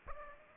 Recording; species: mosquito wingbeat signal from an infrared sensor; Aedes aegypti